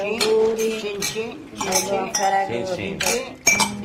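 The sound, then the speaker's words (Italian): Wine glasses clink together in a Ferragosto toast to friendship, several bright, ringing taps in quick succession over a busy clatter, with one sharp final clink near the end. “Allora, in alto i calici alla nostra bella amicizia di Ferragosto.”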